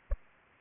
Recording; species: mosquito wingbeat signal from an infrared sensor; Aedes aegypti